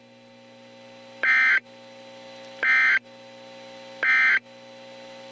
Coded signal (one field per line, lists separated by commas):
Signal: Emergency Alert System (SAME) tones